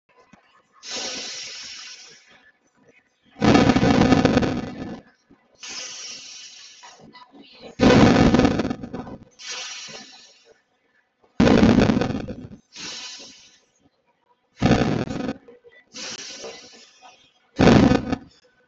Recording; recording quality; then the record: deep breathing; poor, much background noise or distortion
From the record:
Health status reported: respiratory illness, not identified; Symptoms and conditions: asthma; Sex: male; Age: 36 years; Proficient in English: yes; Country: India